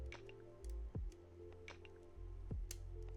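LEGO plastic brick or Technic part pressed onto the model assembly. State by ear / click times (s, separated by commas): seated / 2.7 s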